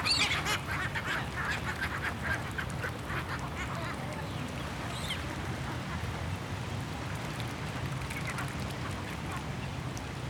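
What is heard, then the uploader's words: Birds being fed at a park, with a busy stream of short duck- and goose-like calls that are thickest in the first few seconds and return in scattered bursts later. Underneath runs a steady, dense low rumble and wash that never lets up. Feeding The Birds at the Park. Water and nature sounds.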